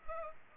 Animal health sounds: mosquito wingbeat signal from an infrared sensor; Culex pipiens

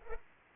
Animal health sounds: mosquito wingbeat signal from an infrared sensor; Culex pipiens

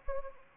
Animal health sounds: mosquito wingbeat signal from an infrared sensor; Anopheles arabiensis

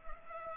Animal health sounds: mosquito wingbeat signal from an infrared sensor; Culex pipiens

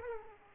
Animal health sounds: mosquito wingbeat signal from an infrared sensor; Aedes aegypti

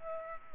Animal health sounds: mosquito wingbeat signal from an infrared sensor; Culex pipiens

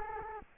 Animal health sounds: mosquito wingbeat signal from an infrared sensor; Culex quinquefasciatus

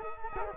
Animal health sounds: mosquito wingbeat signal from an infrared sensor; Culex quinquefasciatus

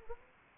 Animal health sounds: mosquito wingbeat signal from an infrared sensor; Anopheles arabiensis

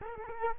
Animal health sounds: mosquito wingbeat signal from an infrared sensor; Culex quinquefasciatus

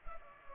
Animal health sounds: mosquito wingbeat signal from an infrared sensor; Culex pipiens

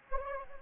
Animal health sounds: mosquito wingbeat signal from an infrared sensor; Anopheles gambiae

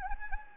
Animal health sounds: mosquito wingbeat signal from an infrared sensor; Anopheles gambiae

